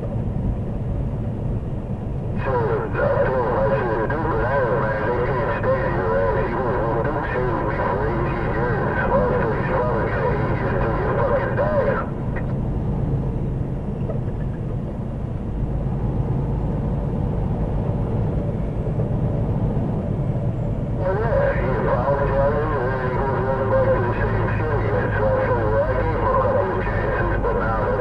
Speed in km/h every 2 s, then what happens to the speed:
87, 84, 84, 82, 82, 84, 82, 82, 84, 89, 89, 89, 87, 81.
0-15 steady at about 82. 15-18 speeds up to 89. 18-23 steady at about 89. 23-28 slows to 81.